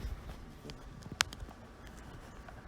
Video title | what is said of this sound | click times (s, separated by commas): Un-Boxing & Reviewing the Kobalt 80v Battery Operated Self-Propelled Lawn Mower No Gas Or Oil Needed | you slide it you hear clicking it a spot | 1.2 s